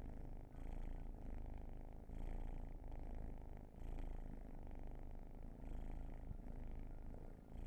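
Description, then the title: Cat purring, a deep rolling rumble rising and falling in loudness with each breath. Long purring session. "Purrathon"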